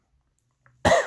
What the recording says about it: I'm coughing a little bit because I have a little weird tingle in my throat.